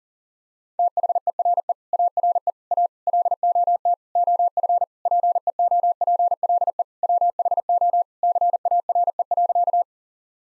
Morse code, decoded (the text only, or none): THERE ARE A LOT OF PEOPLE WHO CARE.